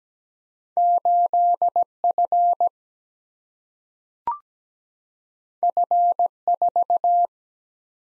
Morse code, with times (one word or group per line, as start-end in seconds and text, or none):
0.8-1.8 8
2.0-2.7 F
5.6-6.3 F
6.5-7.3 4